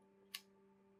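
A clear DIY protective case part is pressed onto a PO-33 pocket synthesizer, whose buttons are still loose but properly placed. A single sharp, bright click sounds at 0.4 s over a faint steady hum, and the case part snaps into place.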